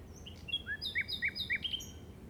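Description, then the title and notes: Common nightingale song fragment: short slurred whistles and a few sharp notes in quick succession. Recorded in the Llobregat Delta at 06:00 on 8 May 2015 with a Zoom recorder. "Grabación de ruiseñor común (Luscinia megarhynchos) en el Delta del Llobregat a las 06:00 del 08/05/2015."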